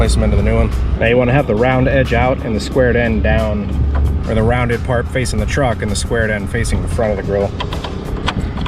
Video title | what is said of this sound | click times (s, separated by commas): 2016-2019 Tacoma TRD PRO grille grill install (with TSS sensor) | I just snap right in just like that | 8.3 s, 8.7 s